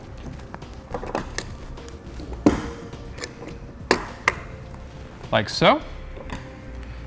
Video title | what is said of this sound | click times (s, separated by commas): How to Set Up Your Yakima RidgeLine Roof Rack for Flush Rails on a 2018 Mitsubishi Outlander Sport | lock this in place it's very easy to just push this shut like | 3.9 s, 4.3 s